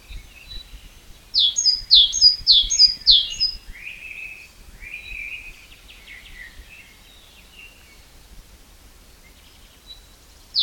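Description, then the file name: Great tit song with four or five quick, sharp descending notes, followed by a softer warbled trill and faint chirps, then a brief sharp note at the end. "Parus major"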